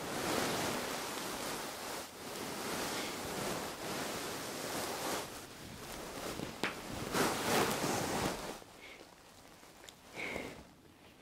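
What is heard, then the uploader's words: Fluffy mic rubbing makes a dense, hissing rustle with soft brushing strokes, thinning after eight seconds into quieter scrapes and brief squeaks. Fluffy Mic Ear Attention. Ear Massage Ear Muffs on 3dio Ear to Ear.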